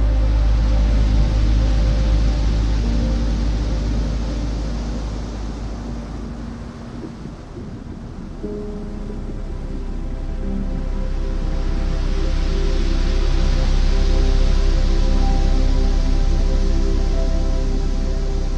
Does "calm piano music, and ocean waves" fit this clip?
yes